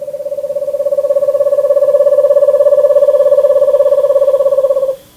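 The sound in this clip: Eastern Screech-Owl trill, a steady, low, even-pitched rapid tremolo of quick pulses held at one pitch for about five seconds, then stopping abruptly.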